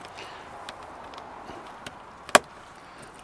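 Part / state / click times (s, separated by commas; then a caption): snap fastener on a mosquito screen onto its stud on the truck / seated / 2.4 s. A snap fastener on a mosquito screen is pressed onto its stud on the inside of a truck, where the screen is fastened with press snaps all the way around to keep bugs out. After a few faint ticks over quiet background noise, one sharp, loud snap rings out at 2.4 s as the fastener seats into place.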